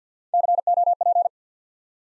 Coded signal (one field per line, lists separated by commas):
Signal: Morse code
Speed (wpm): 50 wpm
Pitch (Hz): 700 Hz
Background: none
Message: COP